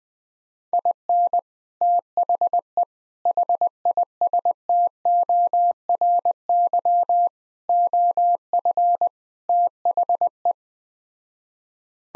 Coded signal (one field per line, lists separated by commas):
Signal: Morse code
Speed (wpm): 20 wpm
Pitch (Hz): 700 Hz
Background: none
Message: IN THE HISTORY OF THE